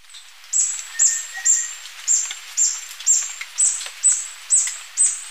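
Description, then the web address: Spotted barbtail giving a steady run of sharp, very high, down-slurred notes about twice a second, with a faint lower whistled tone behind. Ecuador. "Birds of Ecuador. Spotted Barbtail"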